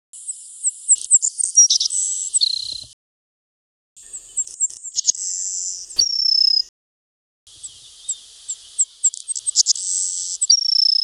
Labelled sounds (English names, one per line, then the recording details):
Savannah Sparrow song
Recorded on Kent Island, New Brunswick, in 1995